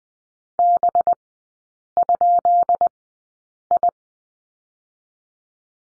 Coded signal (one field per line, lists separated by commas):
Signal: Morse code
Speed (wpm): 20 wpm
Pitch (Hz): 700 Hz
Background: none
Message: B?I